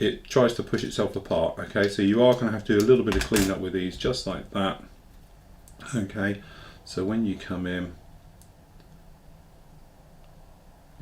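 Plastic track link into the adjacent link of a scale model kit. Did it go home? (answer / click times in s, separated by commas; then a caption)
yes / 8.4 s. Someone talks while cleaned-up plastic track links from a Meng 1/35 scale M3A3 Bradley tank model kit are pushed together by hand. After the talking stops, a faint, sharp click at 8.4 s marks a track link seating into the adjacent link, a nice click fit.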